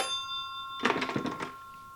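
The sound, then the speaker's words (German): An old telephone bell rings once in a London police station in 1949, a short burst of rapid, rattling metallic trills lasting under a second, over a faint steady high-pitched hum. No one speaks. “An diesem Tag läutete in einem Londoner Polizeirevier das Telefon.”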